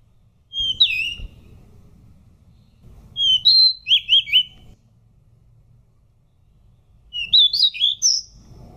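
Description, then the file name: Pied bush chat song: three short, bright warbled phrases of sweet whistled notes, the middle phrase longest, with quiet pauses between them. "suara decu belang"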